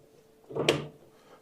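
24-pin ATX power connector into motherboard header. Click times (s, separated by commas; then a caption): 0.7 s. A 24-pin ATX power connector from the power supply is pushed into the motherboard header, with a brief scuffing rise of broadband noise from about 0.5 s. A sharp, bright click lands at 0.7 s as the latch catches, then the sound fades out by about 0.9 s. The connector is seated.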